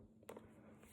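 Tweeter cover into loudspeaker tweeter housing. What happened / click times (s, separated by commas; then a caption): The twist-lock cover clicked into place / 0.3 s. A plastic tweeter rear cover on a B&W CDM 1NT loudspeaker, being fitted back into the tweeter housing during a ferrofluid replacement, is rotated counterclockwise by hand. It gives a small, sharp click at 0.3 s, followed by a fainter tick just after, over a quiet background. The cover twist-locks and is seated in place.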